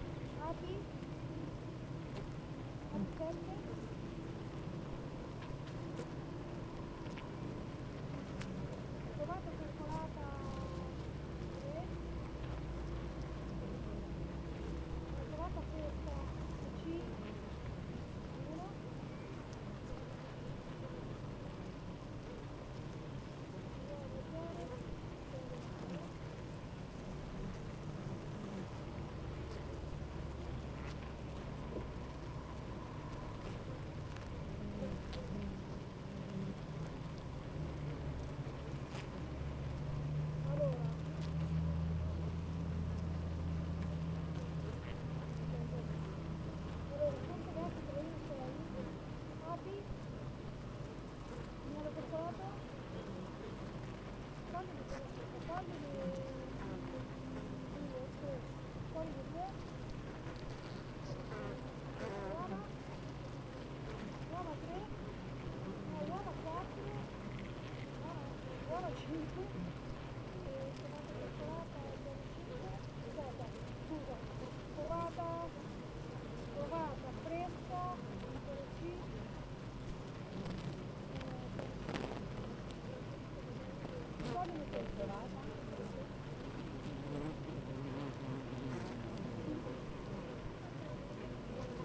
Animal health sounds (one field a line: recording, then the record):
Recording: honeybee colony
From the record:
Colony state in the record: active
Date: 28 July 2017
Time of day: 8:33